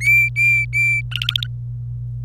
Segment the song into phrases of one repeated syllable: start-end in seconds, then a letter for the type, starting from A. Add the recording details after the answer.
0.01-1.01 A, 1.11-1.47 B. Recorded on 25 April 2018 at 17:50. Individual llb3